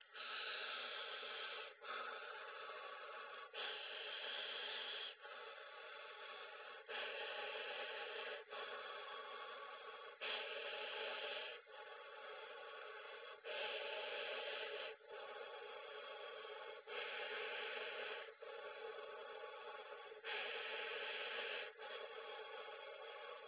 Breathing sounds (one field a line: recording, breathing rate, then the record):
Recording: paced breathing near a phone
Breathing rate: 18 breaths a minute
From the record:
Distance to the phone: 20 cm